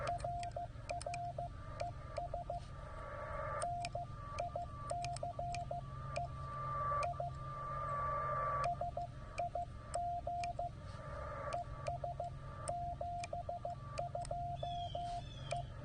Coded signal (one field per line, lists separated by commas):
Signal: Morse code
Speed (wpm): 14 wpm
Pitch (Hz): 700 Hz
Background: radio noise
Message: R R ES NICE I SIG ES 72 E